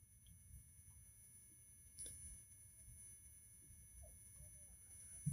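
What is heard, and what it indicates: Several steady, high-pitched ringing tones hold unchanged over a dull low rumble, with a brief thud near the two-second mark. This is a simulation of tinnitus, the ringing in the head and ears and muffled hearing that follow a loud explosion, here experienced within about a hundred feet of the explosives.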